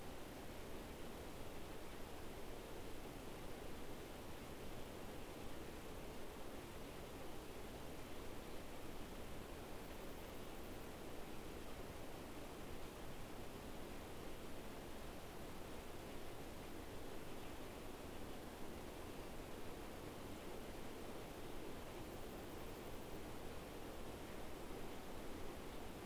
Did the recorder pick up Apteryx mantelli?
no